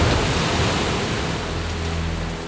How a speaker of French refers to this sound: De grosses gouttes de pluie tambourinent sur le toit de l'arche. Les rivières débordent, la mer envahit la terre.